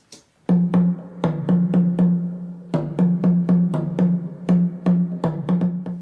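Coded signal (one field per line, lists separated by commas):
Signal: talking drum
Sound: rhythmic pitched drum strokes with slight pitch bends, about 20 hits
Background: music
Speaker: That's a talking drum from Ghana, which is actually saying the name of the programme, sort of like a form of Morse code, but with drums that was used to communicate in Africa since time immemorial.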